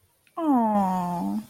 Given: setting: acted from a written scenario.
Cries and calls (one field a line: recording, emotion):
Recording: vocal sound without words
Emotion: adoration